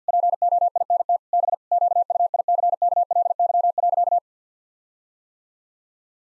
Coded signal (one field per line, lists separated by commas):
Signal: Morse code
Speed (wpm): 50 wpm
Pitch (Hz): 700 Hz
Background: none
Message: POINT B QUICKLY.